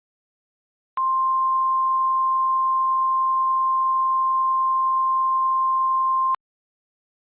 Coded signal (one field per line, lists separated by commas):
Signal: Emergency Alert System (SAME) tones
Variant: 1050 Hz attention tone